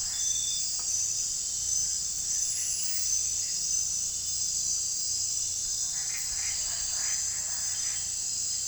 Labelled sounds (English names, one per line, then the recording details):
none
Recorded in pastures near Puerto Asís, Putumayo, Colombia, on 16 December 2024 at 23:00
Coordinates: 0.466, -76.322
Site G040